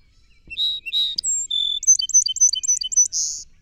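Song sparrow delivering buzzy opening notes, a clear high whistle and a level tone, then a rapid series of repeated chips ending in a harsh buzz.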